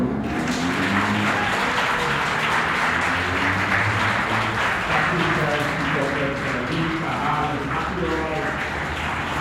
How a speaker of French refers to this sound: Bienvenue. On vous applaudit même.